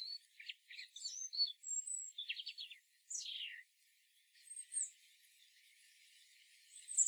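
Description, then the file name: European robin song, fairly soft: rapid high twittering notes and thin whistles, then a descending buzzy slur, with a faint hiss in the background. "Erithacus rubecula"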